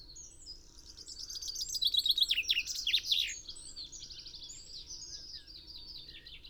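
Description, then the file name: Common chaffinch song, a trilled phrase ending in a flourish, set amid continuous high twittering. "Fringilla coelebs"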